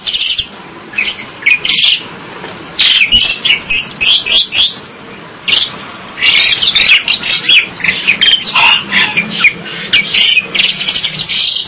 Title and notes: Jalak Bali. Kicau Burung Jalak